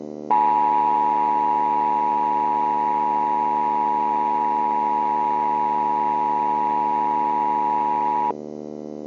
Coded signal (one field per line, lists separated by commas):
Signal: Emergency Alert System (SAME) tones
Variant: 853 and 960 Hz attention tone